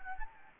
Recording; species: mosquito wingbeat signal from an infrared sensor; Anopheles gambiae